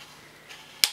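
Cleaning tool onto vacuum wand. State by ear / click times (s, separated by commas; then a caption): seated / 0.8 s. A cleaning tool is pushed onto the wand or handle of a Sebo K1 Eco cylinder vacuum cleaner until it latches. After quiet handling noise, a single sharp little click sounds at 0.8 s. The tool is seated and stays on securely.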